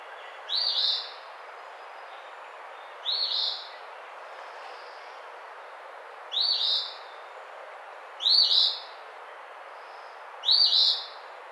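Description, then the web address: Eastern phoebe song: five short, harsh, burry phrases repeated at somewhat irregular intervals over quiet background hiss. Recorded on 28 April 2009. "Eastern Phoebe 2009 04 28"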